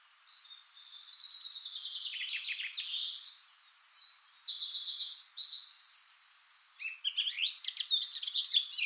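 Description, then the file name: Eurasian blackcap warbling song that swells in from quiet, runs as a rapid chattering babble of high notes, then breaks into sharper clicking phrases near the end. "Sylvia atricapilla"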